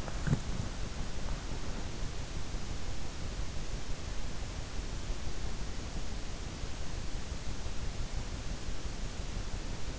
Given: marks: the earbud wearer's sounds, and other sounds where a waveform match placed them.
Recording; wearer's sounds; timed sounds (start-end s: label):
sounds in sleep by an in-ear microphone; body movement
0.00-2.29 s: body movement